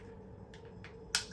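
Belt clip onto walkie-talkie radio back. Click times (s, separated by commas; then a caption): 1.1 s. A plastic belt clip is pushed onto the back of a handheld two-way radio (walkie-talkie) and snaps into place. Two soft scraping sounds come at about 0.5 s and 0.8 s, then a sharp, bright snap at 1.2 s as the clip seats onto the radio.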